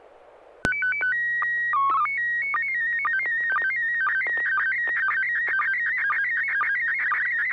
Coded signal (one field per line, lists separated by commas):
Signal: SSTV (slow-scan television)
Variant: PD 120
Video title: N6NA SSTV Net - 04/05/2023